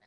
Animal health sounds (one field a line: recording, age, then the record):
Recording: pig call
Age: piglet (1 to 25 days)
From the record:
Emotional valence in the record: positive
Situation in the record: reunion after long isolation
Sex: male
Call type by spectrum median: low-frequency call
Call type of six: low-frequency tonal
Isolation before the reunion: 8 minutes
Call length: 0.08 s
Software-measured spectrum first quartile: 625 Hz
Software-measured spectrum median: 1635 Hz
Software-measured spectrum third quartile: 2516 Hz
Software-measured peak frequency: 1924 Hz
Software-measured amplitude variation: 62 dB a second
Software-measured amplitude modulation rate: 6.5 a second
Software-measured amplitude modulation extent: 9.6 dB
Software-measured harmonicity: -0.3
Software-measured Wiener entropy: -0.62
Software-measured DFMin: 1094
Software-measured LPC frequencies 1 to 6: 729, 1920, 4056, 5189, 8235, 9048 Hz